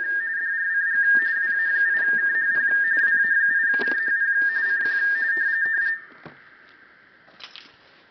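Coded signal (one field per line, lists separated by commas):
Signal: RTTY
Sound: rapid warbling two-tone data chirp for six seconds, then mechanical clatter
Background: teleprinter mechanical clatter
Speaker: As you can see, it's decoding great.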